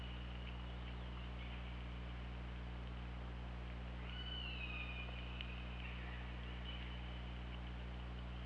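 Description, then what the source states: Orca call, a single drawn-out tone sliding downward with bright overtones, over a constant low underwater hum and hiss. Recorded on an OrcaLab hydrophone, 24 August 2017 at 21:12:22.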